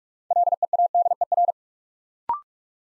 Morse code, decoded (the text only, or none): LEADER